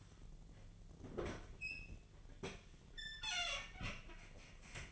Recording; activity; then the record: daily activity, microphone in the room; open fridge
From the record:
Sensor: 4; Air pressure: 1010.5 hPa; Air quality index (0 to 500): 178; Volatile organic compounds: 5 ppm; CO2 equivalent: 1806 ppm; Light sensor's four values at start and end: 33/98/39/39 and 27/82/32/33